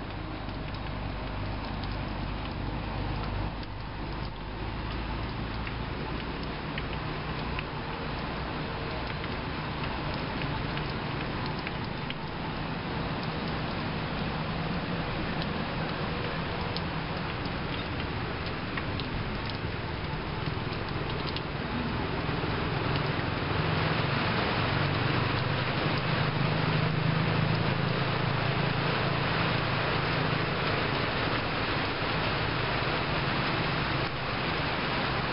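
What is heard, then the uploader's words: Rain begins falling on a corrugated metal awning, a dense steady patter that thickens and grows slightly louder over the clip, strongest after about twenty seconds. A low rumble sits underneath throughout, with faint pattering clicks scattered across the top. Cambodia - rain on corrugated roof. The start of rain falling on a corrugated steel awning from a late afternoon thunderstorm in Siem Reap, Cambodia.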